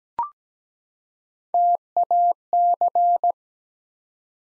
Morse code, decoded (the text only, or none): TAC